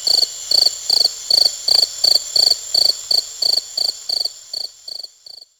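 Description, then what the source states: Cricket chirping in a steady series of short pulsed chirps, about two and a half per second, fading toward the end over a constant high background hum. At Uxmal.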